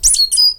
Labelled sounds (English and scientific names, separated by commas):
Stitchbird (Notiomystis cincta) song